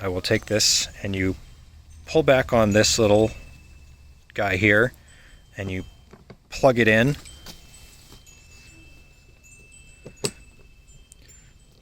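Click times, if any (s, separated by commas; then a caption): 10.2 s. Someone talks while pulling back the sleeve of a female quick-connect coupler on a Giraffe Tools hose reel and plugging in a garden hose's metal male quick-connect fitting. A sharp click at 10.3 s marks the fitting latching into the coupler, followed by a few faint ticks. The connection seats.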